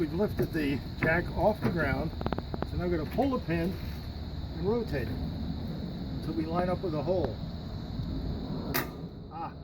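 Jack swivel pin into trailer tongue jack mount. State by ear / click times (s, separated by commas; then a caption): seated / 8.8 s. Someone talks while a trailer tongue jack, lifted off the ground, has its pin pulled and is rotated up to line up with the hole. At 8.8 s a sharp click rings out as the spring pin snaps into the steel jack mount, and the jack is locked.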